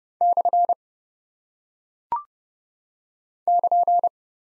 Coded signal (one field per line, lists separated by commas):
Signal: Morse code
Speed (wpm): 30 wpm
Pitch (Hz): 700 Hz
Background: none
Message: / <KN>